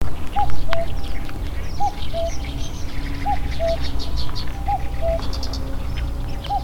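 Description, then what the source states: Common cuckoo gives a repeated falling two-note cuck-oo roughly every second and a half; a constant low hum lies beneath, and other small birds chirp faintly higher up. Recorded at Kahokugata, Japan, on 25 May 2014.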